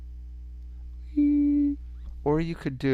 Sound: imitates frequency

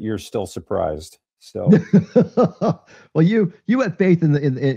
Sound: laughs

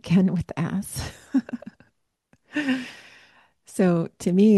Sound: laughs

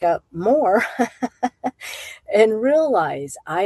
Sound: laughs

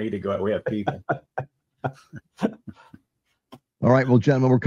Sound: laughs

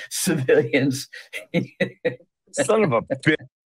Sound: laughs

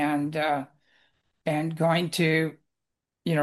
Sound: none

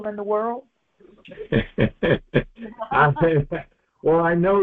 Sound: laughs

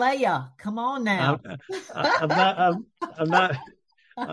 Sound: laughs

